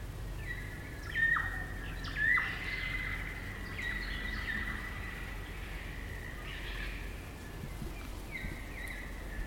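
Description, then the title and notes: Kaka song: two loud swooping whistles early on, followed by a long drawn-out tone and softer overlapping notes. Kaka, a large parrot, singing eerie dusk chorus in late spring at Karori Sanctuary near Wellington, New Zealand. "It's late spring at the Karori Sanctuary near Wellington, New Zealand and the kakas – a large species of parrot – are singing their eerie dusk chorus. Recorded by Margaret Bartlett."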